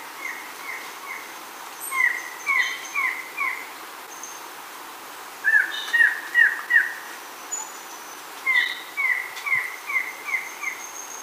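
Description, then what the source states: Uniform antshrike song: four phrases of three to six falling notes with short pauses between, while other birds chirp faintly at higher pitch. Recorded in Ecuador.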